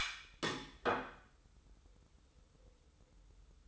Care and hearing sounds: daily activity, microphone in the room; place plate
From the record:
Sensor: 3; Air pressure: 994.4 hPa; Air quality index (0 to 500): 206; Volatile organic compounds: 1000 ppm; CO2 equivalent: 6835 ppm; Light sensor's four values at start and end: 72/166/69/65 and 73/167/70/66

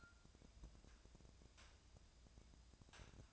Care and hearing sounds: daily activity, microphone in the room; take from stove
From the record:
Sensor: 2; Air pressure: 999.9 hPa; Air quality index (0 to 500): 122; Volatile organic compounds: 2 ppm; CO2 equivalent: 1052 ppm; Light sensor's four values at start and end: 36/88/39/44 and 36/88/39/44

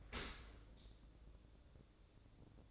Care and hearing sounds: daily activity, microphone in the room; open dishwasher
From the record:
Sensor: 3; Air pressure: 1012.3 hPa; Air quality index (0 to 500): 159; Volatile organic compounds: 2 ppm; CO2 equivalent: 1224 ppm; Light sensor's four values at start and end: 471/1158/476/470 and 472/1160/477/471

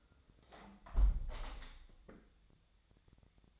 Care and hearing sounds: daily activity, microphone in the room; close window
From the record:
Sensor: 3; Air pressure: 1014.8 hPa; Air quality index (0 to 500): 25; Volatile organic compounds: 0 ppm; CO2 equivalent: 503 ppm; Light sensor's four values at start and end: 10/22/9/9 and 9/22/9/9

